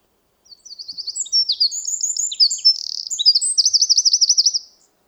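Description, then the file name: Eurasian wren song of about four seconds: high, rapid chattering notes building into a fast, even trill before stopping abruptly. "Troglodytes troglodytes"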